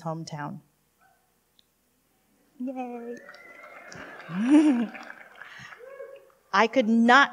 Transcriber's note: applause